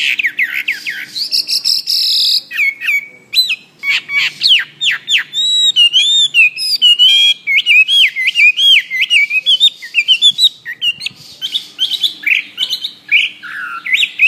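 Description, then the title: Bird giving a lively song of rapid high whistles, chatters and slurred notes, varying constantly in pitch. "SuaraBurung Kicau"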